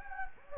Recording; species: mosquito wingbeat signal from an infrared sensor; Anopheles gambiae